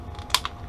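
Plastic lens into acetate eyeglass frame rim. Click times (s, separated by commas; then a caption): 0.3 s. A left plastic prescription lens, a Transitions 7 bifocal, is tucked into the outside corner of the acetate rim of a Ray-Ban 2140 Original Wayfarer sunglasses frame, then pushed down at the nose with the thumbs. A sharp snap at 0.3 s is followed by a softer click at 0.5 s over a low background hum. The lens is seated in the frame.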